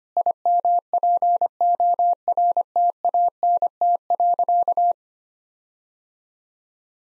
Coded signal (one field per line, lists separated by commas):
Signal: Morse code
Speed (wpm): 25 wpm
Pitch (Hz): 700 Hz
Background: none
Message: IMPORTANT.